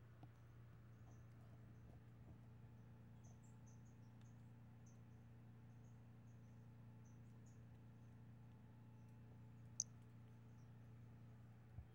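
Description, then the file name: Brachycephalus albolineatus calling with a run of tiny high-pitched chirps, clustered then sparser, one sharp click near the end, against a constant low drone. Recorded on 5 February 2016. "Brachycephalus albolineatus 160205"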